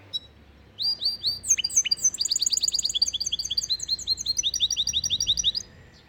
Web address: Bird Songs Canary